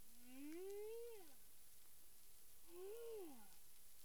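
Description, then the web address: Humpback whale moans: two smooth arched notes, each climbing then falling away, the first longer than the second, with steady hiss underneath. Caribbean, 9 April 2002, 18:36 UTC. "CARIMAM clean data humpback whale"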